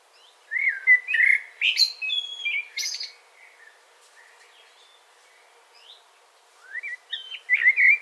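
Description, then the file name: Common blackbird singing rich, mellow whistled warbles ending in high, thin squeaky notes, a quiet gap, then another fluted phrase begins. "Turdus merula"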